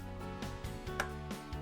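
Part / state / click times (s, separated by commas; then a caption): plastic end cap onto a sewer hose storage tube / seated / 1.0 s. A plastic end cap is pushed onto the end of an ABS sewer hose support tube for storage, over steady background music. A sharp snap at 1.0 s marks the tight cap seating into place.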